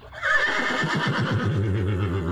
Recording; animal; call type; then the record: contact call of a hoofed animal; horse; whinny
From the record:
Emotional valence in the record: negative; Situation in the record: group separation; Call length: 2.4 s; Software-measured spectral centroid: 1820 Hz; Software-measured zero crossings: 1770 a second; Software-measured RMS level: -24 dBFS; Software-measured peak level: -9 dBFS